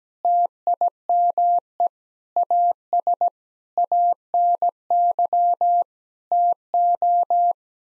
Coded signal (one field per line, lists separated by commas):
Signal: Morse code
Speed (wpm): 17 wpm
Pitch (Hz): 700 Hz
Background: none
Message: TIME AS ANY TO